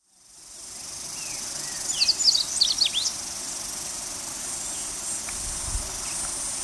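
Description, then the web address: Yellow-bellied seedeater song, a brief burst of high twittering notes lasting about a second, over a steady high insect hum. Recorded in Ecuador. "S America Birds of Ecuador. Yellow-bellied Seedeater"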